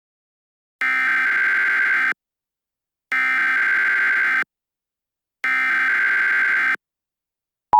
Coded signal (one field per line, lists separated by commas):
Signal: Emergency Alert System (SAME) tones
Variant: header bursts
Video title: (READ DESC) World War 3 | An EAS Scenario